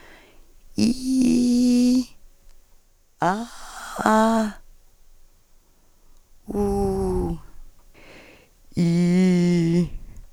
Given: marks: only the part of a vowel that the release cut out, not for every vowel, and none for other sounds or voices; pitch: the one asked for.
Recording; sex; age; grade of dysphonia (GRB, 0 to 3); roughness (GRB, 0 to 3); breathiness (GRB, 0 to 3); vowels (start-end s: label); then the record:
sustained vowels; female; 50 to 59 years; 2; 2; 1
0.84-1.92 s: vowel /i/, high pitch
3.26-4.38 s: vowel /a/, high pitch
6.58-7.19 s: vowel /u/, high pitch
8.84-9.73 s: vowel /i/, low pitch
From the record:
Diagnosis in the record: Reinke's edema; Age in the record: 53 years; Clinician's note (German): Beidseitig mäßiggradig mit funktioneller Komponente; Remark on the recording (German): die u's sind stark aspiriert (Auswirkung in NSP-Datei?!)